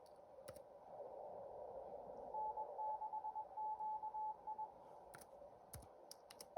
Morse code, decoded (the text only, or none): N6QI